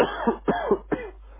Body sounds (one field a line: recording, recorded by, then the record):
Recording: voluntary cough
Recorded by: telephone call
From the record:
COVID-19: positive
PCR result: self-reported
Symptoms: yes